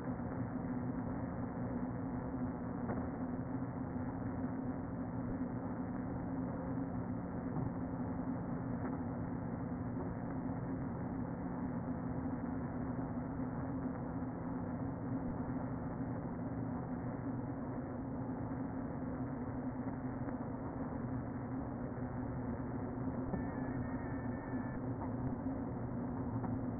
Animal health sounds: honeybee colony, microphone inside the hive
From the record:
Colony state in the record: queen present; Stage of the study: before two queens were removed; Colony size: about 60,000 bees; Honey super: yes

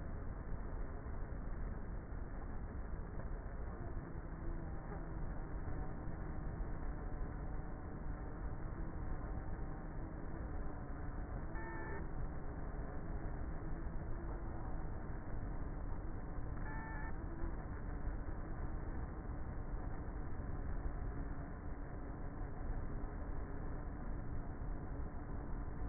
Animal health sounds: honeybee colony, microphone inside the hive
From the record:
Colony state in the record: queenless with a low population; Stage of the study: before two queens were removed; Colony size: about 30,000 bees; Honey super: no

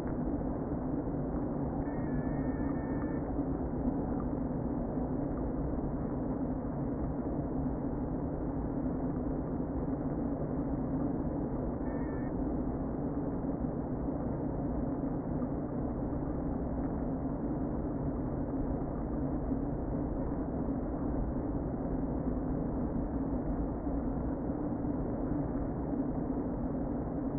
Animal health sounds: honeybee colony, microphone inside the hive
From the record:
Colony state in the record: queen present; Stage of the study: before two queens were removed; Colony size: about 60,000 bees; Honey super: yes

